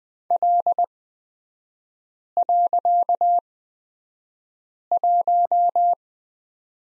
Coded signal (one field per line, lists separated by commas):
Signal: Morse code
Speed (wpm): 20 wpm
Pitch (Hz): 700 Hz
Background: none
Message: L.1